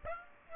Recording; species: mosquito wingbeat signal from an infrared sensor; Aedes aegypti